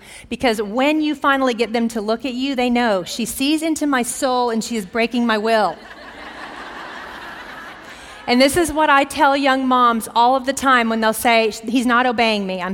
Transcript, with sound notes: Because when you finally get them to look at you, they know, “She sees into my soul, and she is breaking my will.” [laughter] And this is what I tell young moms all of the time when they say, “He’s not obeying me.”